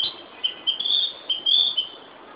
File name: Ficedula narcissina